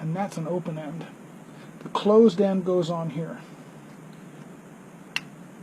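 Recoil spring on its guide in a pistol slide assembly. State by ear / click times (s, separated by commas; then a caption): seated / 5.2 s. Someone talks while pressing the closed end of the recoil spring assembly onto its mating part during reassembly of a 1911 pistol slide assembly. After the talking, a single sharp metallic click is heard at 5.2 s as the spring snaps on, confirming it is properly seated.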